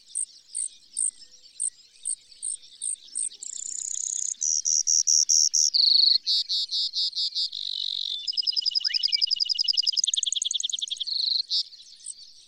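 Brewer's sparrow song, a long high run of buzzy trills that keep switching speed and pitch, with a few clipped notes at the start.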